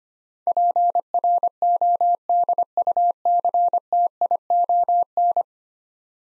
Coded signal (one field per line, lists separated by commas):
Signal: Morse code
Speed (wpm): 25 wpm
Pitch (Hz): 700 Hz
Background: none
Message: PRODUCTION